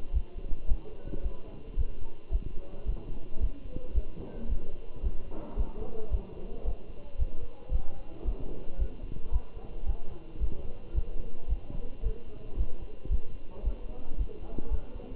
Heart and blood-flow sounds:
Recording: heart sounds by stethoscope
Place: between the tricuspid and mitral areas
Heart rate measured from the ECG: 111 bpm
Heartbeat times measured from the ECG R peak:
0.15 s: heartbeat
0.70 s: heartbeat
1.24 s: heartbeat
1.78 s: heartbeat
2.33 s: heartbeat
2.87 s: heartbeat
3.42 s: heartbeat
3.96 s: heartbeat
4.50 s: heartbeat
5.05 s: heartbeat
5.58 s: heartbeat
6.12 s: heartbeat
6.66 s: heartbeat
7.20 s: heartbeat
7.73 s: heartbeat
8.26 s: heartbeat
8.80 s: heartbeat
9.34 s: heartbeat
9.87 s: heartbeat
10.42 s: heartbeat
10.96 s: heartbeat
11.50 s: heartbeat
12.04 s: heartbeat
12.58 s: heartbeat
13.12 s: heartbeat
13.65 s: heartbeat
14.19 s: heartbeat
14.72 s: heartbeat
From the record:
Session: Bruce protocol treadmill stress test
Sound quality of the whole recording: good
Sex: male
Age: 27 years

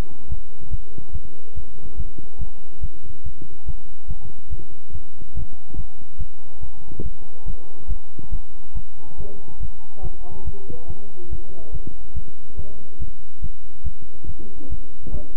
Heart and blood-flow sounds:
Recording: heart sounds by stethoscope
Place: between the tricuspid and mitral areas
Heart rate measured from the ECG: 142 bpm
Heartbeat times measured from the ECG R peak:
0.30 s: heartbeat
0.71 s: heartbeat
1.13 s: heartbeat
1.55 s: heartbeat
1.97 s: heartbeat
2.39 s: heartbeat
2.81 s: heartbeat
3.24 s: heartbeat
3.66 s: heartbeat
4.08 s: heartbeat
4.50 s: heartbeat
4.93 s: heartbeat
5.35 s: heartbeat
5.76 s: heartbeat
6.18 s: heartbeat
6.61 s: heartbeat
7.03 s: heartbeat
7.46 s: heartbeat
7.88 s: heartbeat
8.31 s: heartbeat
8.75 s: heartbeat
9.18 s: heartbeat
9.60 s: heartbeat
10.02 s: heartbeat
10.45 s: heartbeat
10.88 s: heartbeat
11.30 s: heartbeat
11.72 s: heartbeat
12.14 s: heartbeat
12.57 s: heartbeat
13.00 s: heartbeat
13.42 s: heartbeat
13.84 s: heartbeat
14.27 s: heartbeat
14.70 s: heartbeat
15.12 s: heartbeat
From the record:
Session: bicycle stress test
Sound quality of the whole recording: good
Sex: male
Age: 23 years

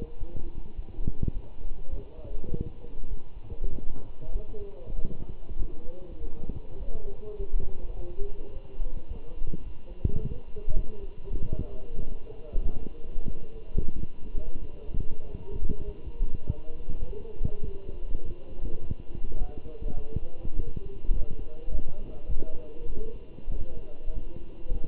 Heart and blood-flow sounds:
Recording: heart sounds by stethoscope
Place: between the tricuspid and mitral areas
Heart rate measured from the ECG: 100 bpm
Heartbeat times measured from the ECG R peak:
0.20 s: heartbeat
0.77 s: heartbeat
1.34 s: heartbeat
1.92 s: heartbeat
2.50 s: heartbeat
3.10 s: heartbeat
3.72 s: heartbeat
4.33 s: heartbeat
4.96 s: heartbeat
5.59 s: heartbeat
6.19 s: heartbeat
6.79 s: heartbeat
7.39 s: heartbeat
7.96 s: heartbeat
8.54 s: heartbeat
9.10 s: heartbeat
9.65 s: heartbeat
10.20 s: heartbeat
10.75 s: heartbeat
11.34 s: heartbeat
11.96 s: heartbeat
12.64 s: heartbeat
13.27 s: heartbeat
13.96 s: heartbeat
14.61 s: heartbeat
15.24 s: heartbeat
15.87 s: heartbeat
16.48 s: heartbeat
17.08 s: heartbeat
17.67 s: heartbeat
18.25 s: heartbeat
18.83 s: heartbeat
19.39 s: heartbeat
19.97 s: heartbeat
20.55 s: heartbeat
21.15 s: heartbeat
21.72 s: heartbeat
22.29 s: heartbeat
22.88 s: heartbeat
23.52 s: heartbeat
24.14 s: heartbeat
24.74 s: heartbeat
From the record:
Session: walking at 3.7 km/h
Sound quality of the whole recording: good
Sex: male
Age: 24 years

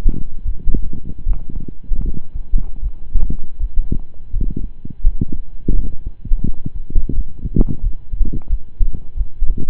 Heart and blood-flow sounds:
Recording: heart sounds by stethoscope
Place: between the tricuspid and mitral areas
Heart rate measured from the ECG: 83 bpm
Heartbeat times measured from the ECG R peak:
0.43 s: heartbeat
1.23 s: heartbeat
2.01 s: heartbeat
2.80 s: heartbeat
3.57 s: heartbeat
4.30 s: heartbeat
5.01 s: heartbeat
5.72 s: heartbeat
6.42 s: heartbeat
7.12 s: heartbeat
7.80 s: heartbeat
8.47 s: heartbeat
9.14 s: heartbeat
From the record:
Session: slow and fast walking with breaks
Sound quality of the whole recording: saturated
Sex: male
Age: 25 years

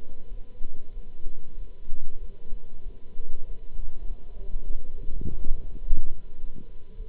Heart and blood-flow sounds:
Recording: heart sounds by stethoscope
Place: between the tricuspid and mitral areas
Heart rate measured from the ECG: 99 bpm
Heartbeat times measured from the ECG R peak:
0.28 s: heartbeat
0.91 s: heartbeat
1.55 s: heartbeat
2.18 s: heartbeat
2.82 s: heartbeat
3.45 s: heartbeat
4.06 s: heartbeat
4.66 s: heartbeat
5.25 s: heartbeat
5.83 s: heartbeat
6.40 s: heartbeat
6.96 s: heartbeat
From the record:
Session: Bruce protocol treadmill stress test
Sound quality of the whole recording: good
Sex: male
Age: 26 years

